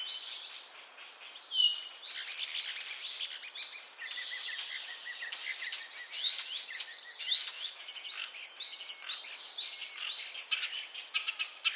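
Common starling calls run continuously, with varied slurred whistles, short level tones and clicking bursts, a mixed and restless medley throughout.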